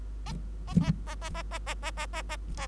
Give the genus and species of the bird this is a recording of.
Lonchura striata domestica